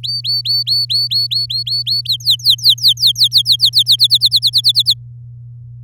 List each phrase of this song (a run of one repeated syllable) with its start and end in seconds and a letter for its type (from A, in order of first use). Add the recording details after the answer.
0.03-2.01 A, 2.05-3.96 B, 3.98-4.94 C. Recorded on 10 May 2018 at 05:38. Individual llb16